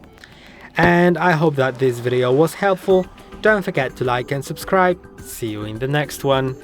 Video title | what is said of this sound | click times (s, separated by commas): ARLO Pro 4 – How to Replace Battery | Now put it in the case until it clicks. | 0.2 s